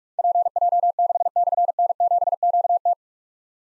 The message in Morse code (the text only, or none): PJ6/N7QT